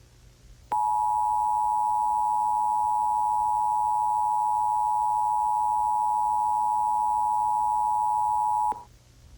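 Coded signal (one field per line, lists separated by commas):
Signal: Emergency Alert System (SAME) tones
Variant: 853 and 960 Hz attention tone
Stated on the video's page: Fictional EAS scenario based on the Hearts of Iron IV mod Kaiserreich, depicting resumed war.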